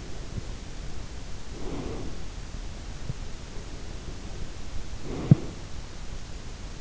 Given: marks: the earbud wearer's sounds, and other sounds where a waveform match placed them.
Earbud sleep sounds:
sounds in sleep by an in-ear microphone; breath
0.06-2.41 s: breath
3.29-6.19 s: breath

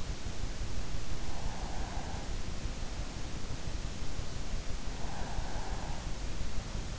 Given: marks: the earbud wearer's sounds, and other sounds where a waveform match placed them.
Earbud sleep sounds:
sounds in sleep by an in-ear microphone; breath
1.04-2.58 s: breath
4.92-6.18 s: breath

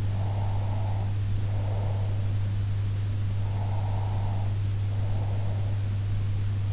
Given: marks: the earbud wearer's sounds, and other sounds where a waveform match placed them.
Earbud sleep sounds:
sounds in sleep by an in-ear microphone; breath
0.15-2.21 s: breath
3.46-5.78 s: breath

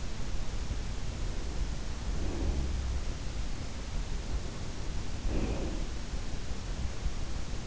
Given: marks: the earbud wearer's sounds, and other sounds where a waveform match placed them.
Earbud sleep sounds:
sounds in sleep by an in-ear microphone; breath
1.70-3.18 s: breath
4.67-6.54 s: breath

